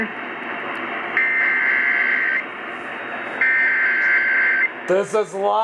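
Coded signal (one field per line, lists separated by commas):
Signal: Emergency Alert System (SAME) tones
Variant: header bursts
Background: speech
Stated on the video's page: SAME tones from alerts received by DXing on AM 650 and 840, including flood and PDS tornado warnings.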